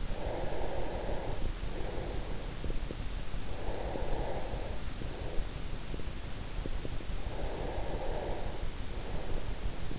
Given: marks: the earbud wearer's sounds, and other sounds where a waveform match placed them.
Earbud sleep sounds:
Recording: sounds in sleep by an in-ear microphone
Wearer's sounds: breath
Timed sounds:
0.00-5.97 s: breath
7.28-9.91 s: breath

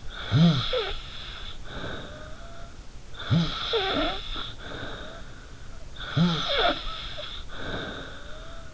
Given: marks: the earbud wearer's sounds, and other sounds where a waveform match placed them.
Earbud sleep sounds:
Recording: sounds in sleep by an in-ear microphone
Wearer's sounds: snoring breath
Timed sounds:
0.12-2.73 s: snoring breath
3.14-5.75 s: snoring breath
5.85-8.74 s: snoring breath

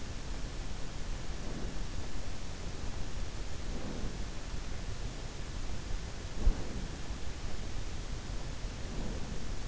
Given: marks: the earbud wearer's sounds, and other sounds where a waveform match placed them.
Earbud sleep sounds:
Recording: sounds in sleep by an in-ear microphone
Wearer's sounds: breath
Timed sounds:
1.24-2.28 s: breath
3.54-4.29 s: breath
6.21-7.15 s: breath
8.78-9.68 s: breath

